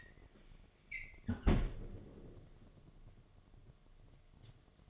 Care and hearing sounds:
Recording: daily activity, microphone in the room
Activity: close fridge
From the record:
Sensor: 4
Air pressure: 1005.5 hPa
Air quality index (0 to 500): 175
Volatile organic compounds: 5 ppm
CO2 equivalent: 1721 ppm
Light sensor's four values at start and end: 5/11/4/4 and 6/12/5/4

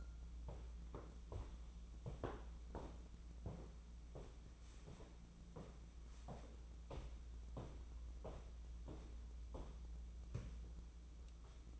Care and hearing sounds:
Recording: daily activity, microphone in the room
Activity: walk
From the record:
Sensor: 1

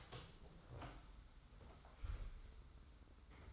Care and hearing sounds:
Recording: daily activity, microphone in the room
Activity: open door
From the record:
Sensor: 3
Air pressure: 991.6 hPa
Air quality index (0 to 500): 146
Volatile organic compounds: 427 ppm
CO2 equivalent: 4716 ppm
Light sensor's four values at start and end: 42/117/48/41 and 42/117/48/41

